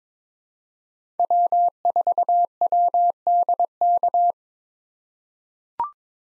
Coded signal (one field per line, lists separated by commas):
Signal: Morse code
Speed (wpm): 22 wpm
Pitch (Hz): 700 Hz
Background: none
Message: W4WDK